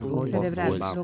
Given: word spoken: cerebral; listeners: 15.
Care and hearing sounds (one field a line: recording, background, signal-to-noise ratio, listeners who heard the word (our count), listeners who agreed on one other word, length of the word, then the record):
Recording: one Spanish word in noise, from a listening test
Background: four-talker babble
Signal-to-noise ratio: -1.0 dB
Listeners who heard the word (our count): 2 of 15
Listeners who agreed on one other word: 11 of 15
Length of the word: 0.64 s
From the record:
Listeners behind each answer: 11, 2, 1, 1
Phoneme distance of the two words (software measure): 20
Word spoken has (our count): 3 syllables, 8 phonemes, stress on syllable 3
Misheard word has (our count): 3 syllables, 8 phonemes, stress on syllable 3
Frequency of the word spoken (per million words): 16.78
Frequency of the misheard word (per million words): 23.64